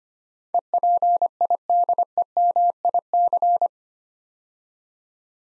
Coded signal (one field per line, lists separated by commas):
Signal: Morse code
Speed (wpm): 25 wpm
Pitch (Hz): 700 Hz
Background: none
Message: EPIDEMIC